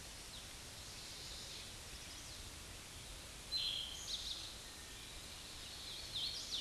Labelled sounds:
Eastern Towhee song
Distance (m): 35 m
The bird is about 5 m above the microphone
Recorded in a Pennsylvania forest on 16 May 2024 at 09:22
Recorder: AudioMoth, point MSD-2456
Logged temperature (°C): 16.4 °C
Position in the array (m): 203 m, 140 m

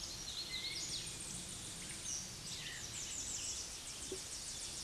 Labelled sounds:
Hooded Warbler song
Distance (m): 65 m
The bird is about 10 m above the microphone
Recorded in a Pennsylvania forest on 16 May 2024 at 09:40
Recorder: AudioMoth, point MSD-1405
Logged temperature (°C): 15.6 °C
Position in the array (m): 148 m, 129 m

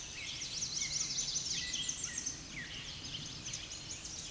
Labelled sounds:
American Redstart song
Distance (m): 55 m
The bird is about 15 m above the microphone
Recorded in a Pennsylvania forest on 16 May 2024 at 06:53
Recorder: AudioMoth, point MSD-0508
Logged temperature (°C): 15.5 °C
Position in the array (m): 118 m, 204 m

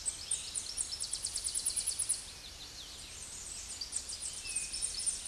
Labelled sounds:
Tennessee Warbler song
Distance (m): 20 m
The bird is about level with the microphone
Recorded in a Pennsylvania forest on 16 May 2024 at 08:29
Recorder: AudioMoth, point MSD-0383
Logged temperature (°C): 15.3 °C
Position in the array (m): 73 m, 205 m

